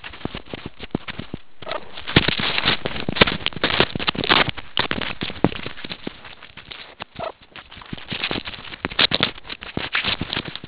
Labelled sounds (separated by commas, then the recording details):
meerkat close call
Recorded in the Kuruman River Reserve, South Africa
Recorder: an audio tag on a meerkat's collar